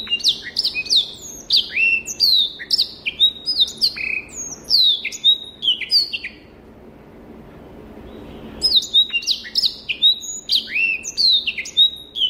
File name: Rüppell's-warbler